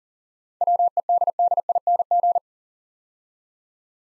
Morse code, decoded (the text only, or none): WEDDING